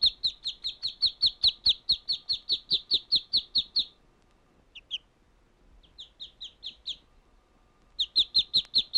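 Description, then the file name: Bird chirping in a fast, steady series of high, sharp notes. It breaks off into sparse chirps, then resumes the rapid run. "Birds chirping and tweeting"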